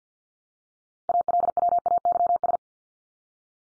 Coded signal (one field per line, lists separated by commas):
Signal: Morse code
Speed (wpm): 50 wpm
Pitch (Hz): 700 Hz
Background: none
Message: ALWAYS